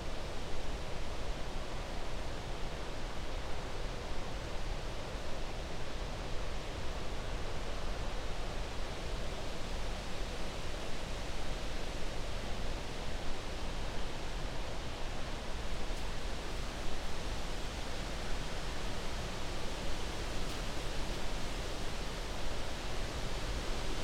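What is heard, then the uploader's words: Wind blows steadily through the night, a dense, unbroken rush that stays at the same level from start to finish. It fills everything from a low rumble up to a soft hiss, with no gusts standing out and no other distinct sounds. Windy Night at Sleeping Bear Dunes National Lakeshore. I camped at the Platte River Campground. I found a large White Pine that was struck by lightning a few years back and placed my microphones underneath a section of the tree that had split to give the microphones protection. Location: Honor, Michigan USA. Recording Device: Zoom F3 Field Recorder.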